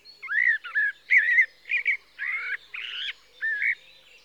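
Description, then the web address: Common blackbird singing a steady series of several fluted, slightly burry notes, evenly spaced. "BBC Sound Effects Library - 47 (Birds) 01 Blackbird (Turdus Merula)"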